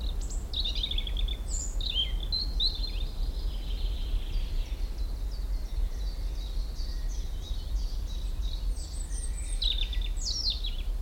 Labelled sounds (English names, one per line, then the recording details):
European Robin
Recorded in the wild
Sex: male
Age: adult
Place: Blankenfelde, Tegeler Fließ, Berlin, DE
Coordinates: 52.64, 13.39
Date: 1994-04-23 12:04
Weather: heiter 16-19°C
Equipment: Marantz CP 430, Sennheiser ME 80, Kopie Uher Variocord 263
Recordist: Tembrock, Günter
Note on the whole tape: Schutzgebiet Schildow: Gesang (fast pausenlos - aber strophig), längere Stücke, sehr gut, bis 12.15 Uhr